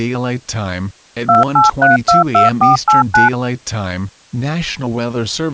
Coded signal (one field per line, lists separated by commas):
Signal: DTMF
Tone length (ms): 170 ms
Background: speech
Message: 28322489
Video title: EAS Scenario - Double Trouble